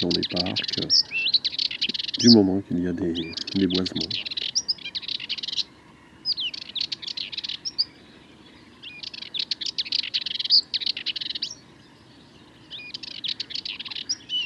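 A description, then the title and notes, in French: A Sardinian warbler delivers a long, nervous song of fast, scratchy chattering phrases, bursting in quick runs with brief gaps throughout. In the first four seconds a man's voice speaks low beneath the bird. A faint steady hum runs underneath. Le Charnier - Camargue - Parabole Wildtronic - mkh8020 - Mixpre 3. Entre chien et loup, quand la lumière du jour n'est pas encore pleine et la nuit encore présente, les oiseaux aiment chanter. Ici une Fauvette mélanocéphale (Sylvia melanocephala) qui m'a offert un long monologue de son chant incroyablement nerveux et rapide.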